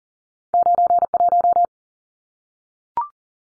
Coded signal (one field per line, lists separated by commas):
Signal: Morse code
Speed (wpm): 40 wpm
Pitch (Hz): 700 Hz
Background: none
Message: 91